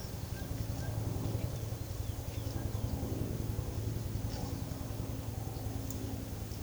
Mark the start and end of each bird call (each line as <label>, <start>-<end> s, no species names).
bird call, 0.00-0.97 s